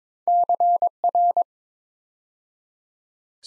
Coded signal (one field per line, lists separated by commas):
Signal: Morse code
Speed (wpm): 22 wpm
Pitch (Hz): 700 Hz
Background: none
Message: CR